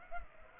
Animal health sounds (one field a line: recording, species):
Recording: mosquito wingbeat signal from an infrared sensor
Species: Culex pipiens